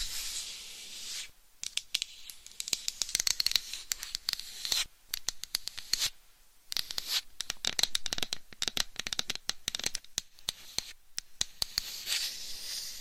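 Gentle tapping and scratching, bright and dry: quick crackly scrapes in busy bursts, broken by brief silences near 1.5, 5 and 6.5 seconds.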